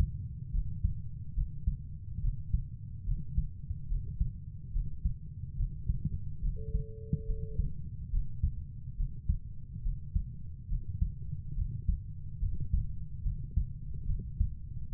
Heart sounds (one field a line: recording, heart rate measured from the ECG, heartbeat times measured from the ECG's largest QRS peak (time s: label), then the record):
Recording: heart sounds by stethoscope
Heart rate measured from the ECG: 71 bpm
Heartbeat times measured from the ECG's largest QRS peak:
0.52 s: heartbeat
1.35 s: heartbeat
2.21 s: heartbeat
3.05 s: heartbeat
3.88 s: heartbeat
4.73 s: heartbeat
5.57 s: heartbeat
6.42 s: heartbeat
7.26 s: heartbeat
8.11 s: heartbeat
8.97 s: heartbeat
9.83 s: heartbeat
10.69 s: heartbeat
11.56 s: heartbeat
12.40 s: heartbeat
13.23 s: heartbeat
14.06 s: heartbeat
14.90 s: heartbeat
From the record:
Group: healthy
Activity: rest 0-9 s, Valsalva maneuver 9-15 s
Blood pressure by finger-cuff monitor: 111/64 mmHg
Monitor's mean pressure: 78 mmHg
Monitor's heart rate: 71 bpm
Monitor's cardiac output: 6.3 L/min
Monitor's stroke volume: 88 mL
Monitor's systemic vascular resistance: 890 dyn s/cm5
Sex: female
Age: 22 years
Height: 160 cm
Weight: 63 kg